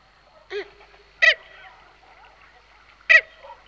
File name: lyska-hřebenová